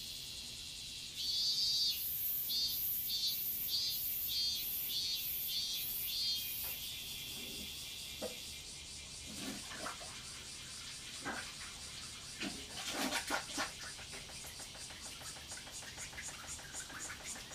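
Cicadas in a garden: for the first six seconds one calls in regular, quick pulsing bursts, high and bright. After that the buzzing turns into a dense, continuous high drone, with a few sharp clicks or knocks between about 9 and 14 seconds.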